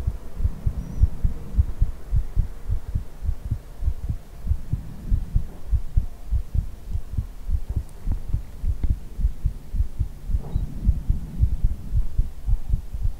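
Steady low muffled thumps near 107 a minute, heard close up as if with the head held against the chest in a hug: an ordinary heartbeat under soft background hum.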